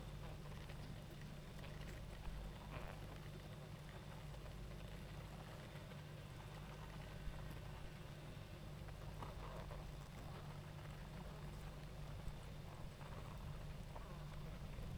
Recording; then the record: honeybee colony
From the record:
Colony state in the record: active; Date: 28 July 2017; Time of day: 19:38